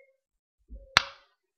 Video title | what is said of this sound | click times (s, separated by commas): Taking apart your 1911 | once you do that once it's down take your baril bushing and you'll hear it click | 1.0 s